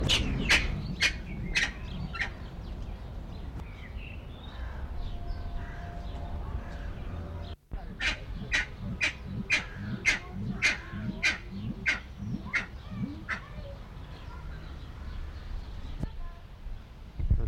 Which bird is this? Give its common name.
Grey-winged Trumpeter